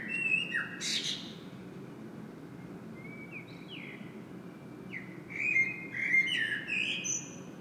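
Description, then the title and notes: Common blackbird song: a few fluted notes and a brief high twitter, scattered soft fluted notes, then a fuller whistled warble with squeaky endings, above steady low background noise. Singing bird in Saint-Gilles, Belgium; recorded with a Sony PCM-M10 internal microphone. "Saint-Gilles, Belgique - Blackbird singing. Le merle chante"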